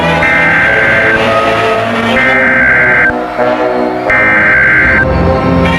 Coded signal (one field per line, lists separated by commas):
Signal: Emergency Alert System (SAME) tones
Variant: header bursts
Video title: Eas Scenario Godzilla vs. King Kong 1962